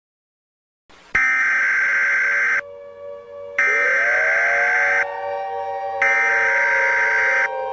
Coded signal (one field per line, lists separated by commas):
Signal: Emergency Alert System (SAME) tones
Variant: header bursts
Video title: The Dog!: An EAS Scenario